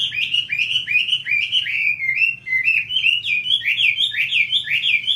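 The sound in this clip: Chinese hwamei song: a steady flow of loud swooping whistled phrases, repeated rapidly.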